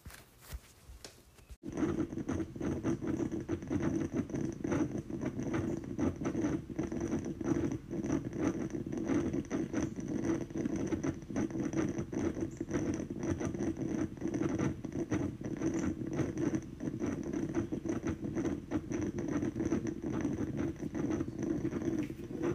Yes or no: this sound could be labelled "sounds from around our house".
yes